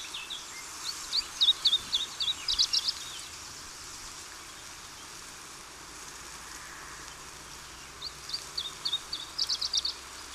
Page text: Phylloscopus ibericus. Laulua, 5.5.2000 Porto De Mos Portugali